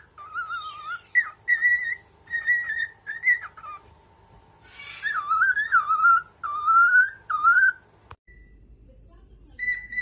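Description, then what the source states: Cockatiel song of whistled phrases, first short repeated notes, then longer warbling, wavering whistles, ending with a sharp click and a brief high whistle. Several cockatiels singing, a whistled song.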